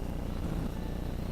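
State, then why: Not seated. A GE washer's front panel is handled against its cabinet clips during a lid lock fix for a washer that won't spin, with only a steady low rumble and no distinct impacts over 1.3 seconds. Nothing has seated or clicked yet.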